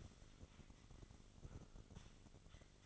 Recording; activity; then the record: daily activity, microphone in the room; sweep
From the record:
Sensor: 4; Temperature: 27.1 degrees Celsius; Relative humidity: 35.2%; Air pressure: 1003.9 hPa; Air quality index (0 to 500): 149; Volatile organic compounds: 2 ppm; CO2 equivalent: 1064 ppm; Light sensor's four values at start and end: 18/42/17/19 and 18/42/17/19